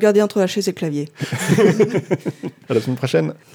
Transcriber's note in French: Rires